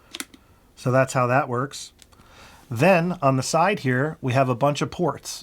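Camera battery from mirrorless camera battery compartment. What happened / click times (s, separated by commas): A spring latch released and pushed the part out / 0.2 s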